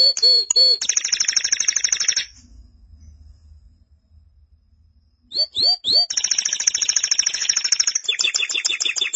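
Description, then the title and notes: Canary song: a few whistled notes leading into a rapid buzzy trill, a pause with low hum, then more swept notes and another fast trill with a chattering end. "BM Suara Kenari. BM Suara Burung Kenari"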